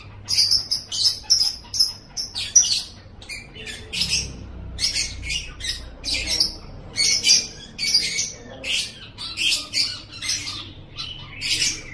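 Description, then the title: White-rumped shama song: clear high whistled notes at first, then bursts of harsh, scratchy chirps repeated roughly every half second to second. Masteran training recording of a champion white-rumped shama's song, made for training cage birds and presented as sound therapy. "Suara Masteran Burung Murai Batu Juara Terapi Suara Murai Batu"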